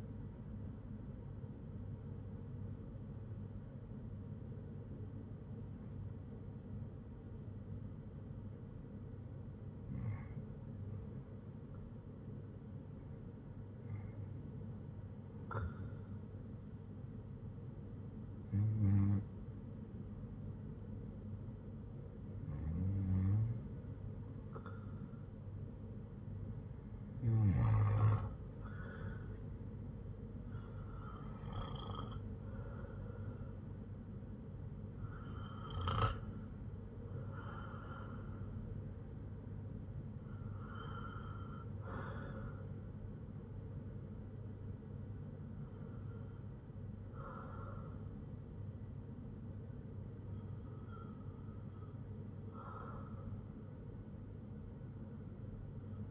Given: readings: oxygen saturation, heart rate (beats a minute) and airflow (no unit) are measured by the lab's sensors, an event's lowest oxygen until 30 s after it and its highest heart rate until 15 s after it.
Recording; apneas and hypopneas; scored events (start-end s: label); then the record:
breathing in sleep by a smartphone at the bedside; 1
5.00-22.30 s: hypopnea (REM, oxygen 96% highest, then 93% lowest, heart rate 65 at the start, 82 highest)
From the record:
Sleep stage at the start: REM sleep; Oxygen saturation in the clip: 93 to 96%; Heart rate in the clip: 56 to 82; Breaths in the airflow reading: 11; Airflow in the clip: -6.2 to 7.6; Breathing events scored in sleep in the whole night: 182 in 7.4 hours asleep